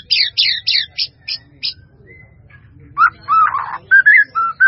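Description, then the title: White-rumped Shama song opening with quick descending buzzy notes, then a pause and a run of warbled mid-pitched whistles over low hum. "murai batu"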